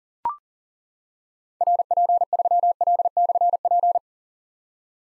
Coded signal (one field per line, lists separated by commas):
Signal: Morse code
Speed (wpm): 39 wpm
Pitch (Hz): 700 Hz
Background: none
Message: RP3L/P